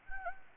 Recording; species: mosquito wingbeat signal from an infrared sensor; Anopheles gambiae